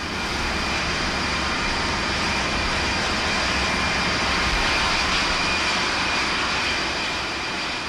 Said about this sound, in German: Endlich an Deck erhalten wir den zweiten, weitaus stärkeren akustischen Eindruck. Etwa 80 Düsenmaschinen lassen zur gleichen Zeit ihre Aggregate einlaufen.